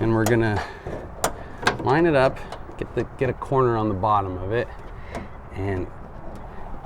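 A 3D-printed plastic linkage part is lined up with its bottom corner against the rear door handle actuator lever of an FJ, to be pressed on until it snaps in place. Someone talks over a few soft handling sounds. Nothing has seated or clicked yet.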